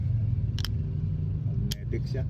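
After loading pellets, a magnetic cover is put back onto a PCP air rifle pellet magazine and snaps into place with sharp clicks at 0.6, 0.7 and 1.7 seconds, seating the cover. Someone talks over a steady low rumble.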